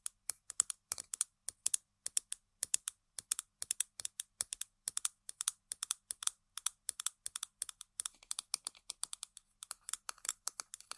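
Rapid tapping on a hard object, a dense run of sharp, bright clicks that come in uneven bursts and quick flurries throughout. The taps sound crisp and high with little low body, and toward the end a few softer, scratchier strokes mix in.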